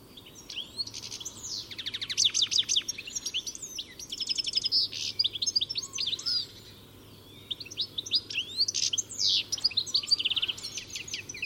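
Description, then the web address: High twittering bird calls coming in bursts of rapid notes and trills with short gaps between them, plus a faint low hum in the background. "cianscape birddata Deverinetal 2025 Bird Only Ca Ca Ca Ca"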